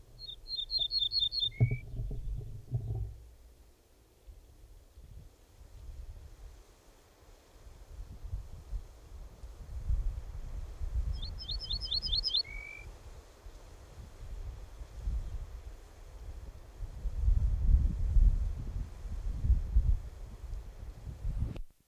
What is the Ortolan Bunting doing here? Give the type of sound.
song